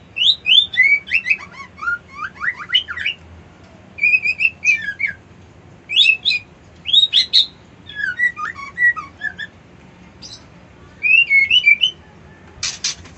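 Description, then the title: White-eye song: rapid bursts of high, twittering whistled notes with rising and falling slurs, delivered in quick phrases separated by brief pauses, with a few sharp clicks near the end. Song style called ngerol ngalas. "Suara Burung Pleci Ngerol Ngalas"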